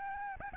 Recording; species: mosquito wingbeat signal from an infrared sensor; Aedes albopictus